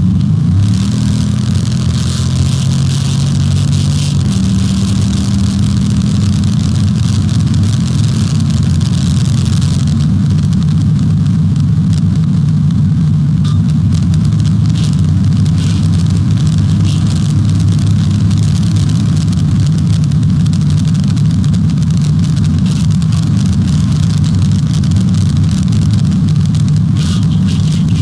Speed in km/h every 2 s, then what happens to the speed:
129, 148, 166, 175, 182, 166, 161, 167, 177, 184, 184, 184, 184, 171.
0-8 speeds up to 182. 8-11 brakes to 161. 11-19 speeds up to 184. 19-24 steady at about 184. 24-28 brakes to 171.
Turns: none.